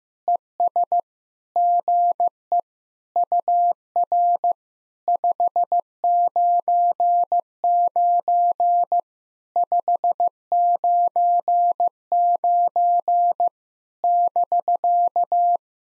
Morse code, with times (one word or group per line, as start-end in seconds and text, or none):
0.3-1.0 ES
1.6-2.6 GE
3.2-4.5 UR
5.1-9.0 599
9.6-13.5 599
14.0-15.6 <BK>